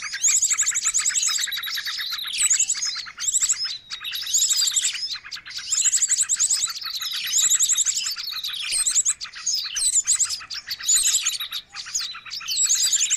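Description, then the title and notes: Many birds calling at once, a constant jumble of sharp tweets, whistled slurs and quick metallic trills, dipping briefly into short pauses. Noisy bird chatter, intended as a lure for catching birds. "Master Burung Ribut. Burung Ribut Pikat"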